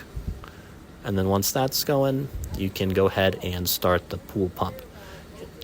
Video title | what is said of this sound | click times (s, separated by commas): Inground Pool Equipment East Coast Leisure in Virginia Beach | and try to rethread it you'll know that it's on properly once you hear a click | 0.4 s